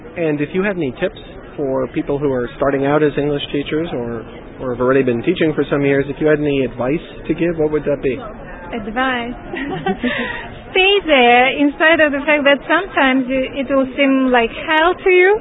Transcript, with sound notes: "And if you had any tips for people who are starting out as English teachers, or have already been teaching for a number of years -- if you had any advice, what would that be?"
"Advice? [laughs] Stay there, in spite of the fact that sometimes it will seem like hell to you.